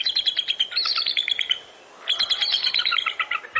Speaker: Even with a call that sounds like a rusty gate, the bald eagle is lord of the landscape.